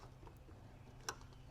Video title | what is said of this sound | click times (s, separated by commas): Fix Hood Ajar Message Without the Dealership Price Tag | There, a little slight click, pull on it a little bit, make sure it's not coming off. | 1.1 s